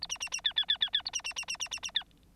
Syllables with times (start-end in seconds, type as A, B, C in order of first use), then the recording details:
0.01-0.07 A, 0.09-0.18 B, 0.20-0.29 B, 0.31-0.41 B, 0.44-0.53 C, 0.56-0.65 C, 0.68-0.78 C, 0.80-0.90 C, 0.93-1.02 C, 1.05-1.11 A, 1.13-1.22 B, 1.24-1.33 B, 1.36-1.45 B, 1.48-1.57 B, 1.59-1.69 B, 1.71-1.80 B, 1.82-1.91 B, 1.94-2.04 C. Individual Bird9